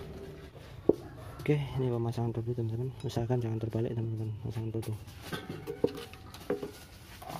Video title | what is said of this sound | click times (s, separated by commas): Penyebab motor LONCAT - LONCAT seperti kuda. | sampai bunyi klik. | 0.9 s